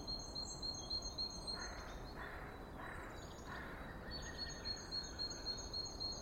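Bird song of quick, high repeated chirps, partly broken by a few short noise bursts, over constant low hiss.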